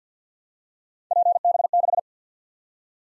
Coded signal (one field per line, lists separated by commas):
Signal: Morse code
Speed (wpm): 47 wpm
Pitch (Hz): 700 Hz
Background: none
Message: PB6